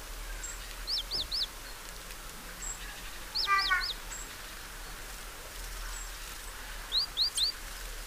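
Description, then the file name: Great tit calling three separate bursts, each of three fast, high, slurred notes, the middle burst fuller and richer, with faint other bird notes between. "Parus major"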